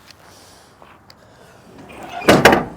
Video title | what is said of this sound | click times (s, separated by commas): 2024 Isuzu NPR HD Gas - 20' Morgan Proscape Body | And then the door locks in place. | 2.3 s, 2.5 s